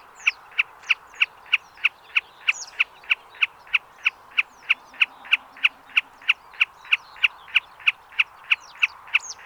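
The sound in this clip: Common snipe giving a clipped, sharp note over and over at an even pace of roughly three per second, with thin high chirps behind it.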